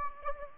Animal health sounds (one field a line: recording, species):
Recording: mosquito wingbeat signal from an infrared sensor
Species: Anopheles gambiae